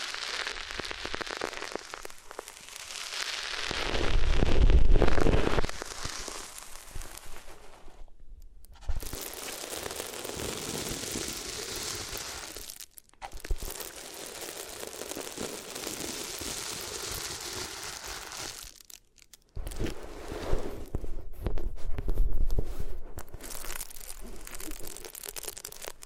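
Different materials are rubbed against the ears, producing dense crinkling, crunching scratches that fill the whole range from low rumble to bright hiss. The rubbing runs in long stretches, swelling loudest around five seconds and again near twenty-two, broken by brief silent gaps near eight, thirteen and nineteen seconds.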